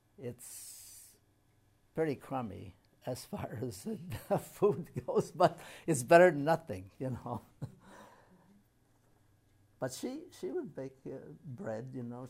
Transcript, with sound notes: it's pretty crummy, as far as a food goes, (laughs) but it's better than nothing, you know. But she — she would bake bread, you know.